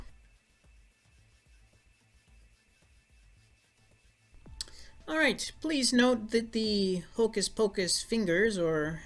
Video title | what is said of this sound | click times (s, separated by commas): Sodastream + Compressed Gas + Me = Trouble! | Just push the bottle up into the hole and push it against the cradle there, I guess is what I'm calling it, at the back, and it will snap into place. | 4.6 s